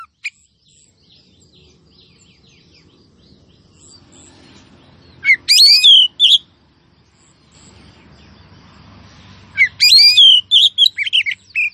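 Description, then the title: Oriental magpie-robin calling in two loud bursts of varied whistled and chirping notes, around five and ten seconds, with near silence and a faint low rumble between. Female calling a male so that he sings; used as a lure to rouse a sluggish male into singing and fighting. "Kacer BETINA Memanggil Kacer JANTAN agar GACOR Pancingan Kacer LELET"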